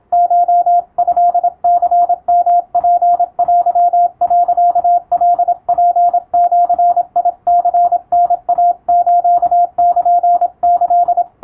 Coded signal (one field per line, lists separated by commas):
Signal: Morse code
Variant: Japanese Wabun code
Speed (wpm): 26 wpm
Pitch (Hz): 700 Hz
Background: radio noise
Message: コトニヨツテ、カツジニタイスルキ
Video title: 青春カムバック！懐かしいモールス通信をもう一度聞き直してみよう！YouTubeの再生速度を調整して受信練習を始めてみませんか(morse code practice radio operator )